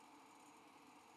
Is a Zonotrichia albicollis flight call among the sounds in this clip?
no